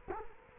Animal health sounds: mosquito wingbeat signal from an infrared sensor; Culex quinquefasciatus

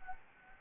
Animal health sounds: mosquito wingbeat signal from an infrared sensor; Anopheles gambiae

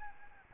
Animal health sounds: mosquito wingbeat signal from an infrared sensor; Aedes albopictus

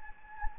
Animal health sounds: mosquito wingbeat signal from an infrared sensor; Anopheles gambiae

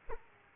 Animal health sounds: mosquito wingbeat signal from an infrared sensor; Aedes aegypti

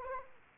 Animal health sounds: mosquito wingbeat signal from an infrared sensor; Anopheles gambiae

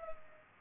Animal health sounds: mosquito wingbeat signal from an infrared sensor; Culex pipiens

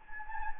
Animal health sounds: mosquito wingbeat signal from an infrared sensor; Anopheles gambiae

